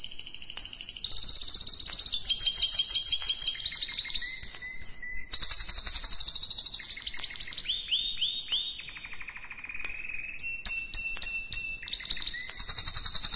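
Canary song with rolling high trills, sweeping slurs and a lower pure whistled tour, switching phrases continuously over thirteen seconds.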